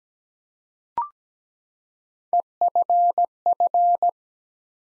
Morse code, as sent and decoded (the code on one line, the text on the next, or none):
. ..-. ..-.
EFF